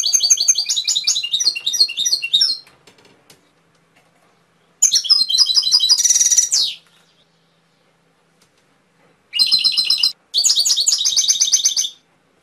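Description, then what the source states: Canary singing several long bursts of rapid, high, trilled and rattling notes, including a harsh buzzy roll, with quiet gaps between bursts. Canary masteran (training) song with full fill-ins (isian), for teaching canaries to sing, by mster Mnuk.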